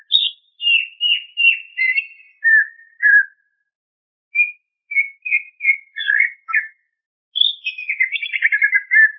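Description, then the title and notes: Greater green leafbird singing: a descending series of whistled notes, a pause, short spaced notes, then a rapid chattering phrase sliding downward. Described as a champion ('juara') singer. "Kicau Burung Cucak Ijo Juara. Suara kicauan burung cucak ijo"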